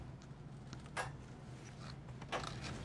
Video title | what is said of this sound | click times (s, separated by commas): Dell PowerEdge R730 Server Memory Overview & Upgrade - How to Install Memory - Supported R730 DIMMs | those two clicks and if you look at the tabs themselves you'll see they've moved forward | 0.7 s, 2.5 s